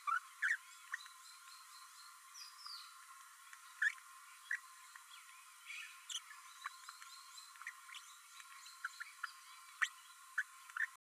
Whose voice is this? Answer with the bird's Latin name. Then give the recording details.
Forpus passerinus. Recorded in a nest box in Venezuela. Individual 18B12A3